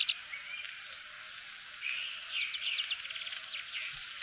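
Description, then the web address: Dunnock song: a quick, thin jingle of high warbled notes that runs through the second half, after a few sharp high chirps, all over a steady hiss. "fuglelyder jernspurv"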